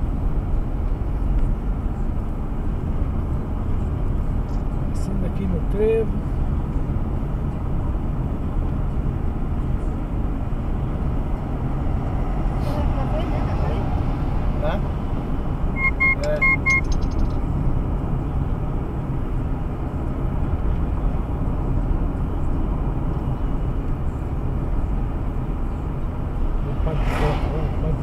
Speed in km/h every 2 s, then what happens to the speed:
44, 43, 44, 45, 46, 48, 48, 49, 49, 50, 49, 49, 48, 49.
0-28 steady at about 48.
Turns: none.